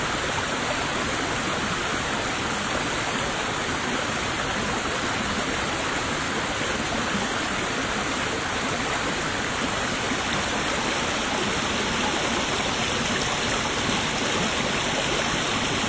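A mountain stream of spring water rushes over rocks on a path up Yuelu Mountain, a dense, steady hiss with a slightly bright top. The level hardly changes across the whole stretch, with no separate events standing out from the constant flow.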